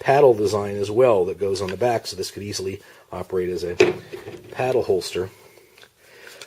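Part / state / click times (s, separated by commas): pistol into retention holster / seated / 6.4 s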